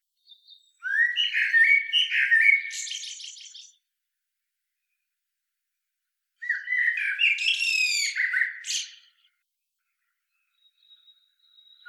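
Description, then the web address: Common blackbird song: two warbled phrases with bright high trilling flourishes, followed by a faint thin note near the end. "SETE Turdus merula"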